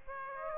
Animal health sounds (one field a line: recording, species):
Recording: mosquito wingbeat signal from an infrared sensor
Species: Aedes aegypti